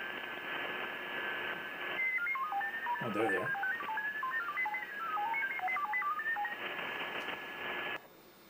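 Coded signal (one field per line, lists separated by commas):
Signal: FT8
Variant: SuperFox mode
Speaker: where'd they go? Oh, there they are.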